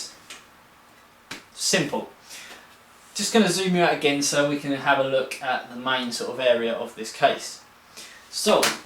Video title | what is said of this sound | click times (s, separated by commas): Video Review: BitFenix Shinobi Chassis | prong into it and click into place | 1.3 s